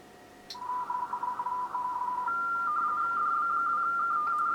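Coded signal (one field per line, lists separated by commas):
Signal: RTTY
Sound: rapid warbling between two close tones, briefly lower pitched before settling higher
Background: radio static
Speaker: thank you iw0wdx CQ so I'm now calling him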